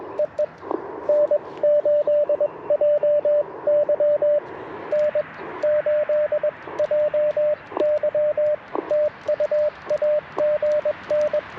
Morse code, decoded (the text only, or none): EE N8JY N8JY TU AGN